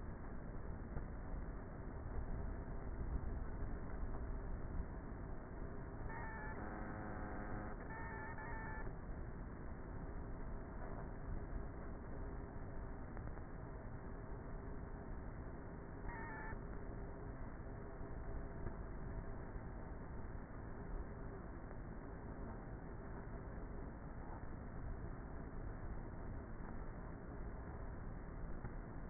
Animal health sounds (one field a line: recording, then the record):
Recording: honeybee colony, microphone inside the hive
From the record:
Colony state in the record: queenless with a low population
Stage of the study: before two queens were removed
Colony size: about 30,000 bees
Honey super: no